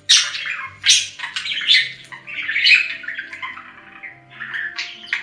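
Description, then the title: Budgerigar call sequence of scratchy squawks and warbled chirps, a loud burst at the start then irregular notes roughly every second. "Budgie Sounds"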